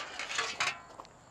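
A plastic splice piece is pushed into the slot of a concrete keyway form to join two form sections, with a rough sliding scrape before a sharp, loud click at 0.6 s as it locks in. A few faint ticks follow, and the splice piece is seated.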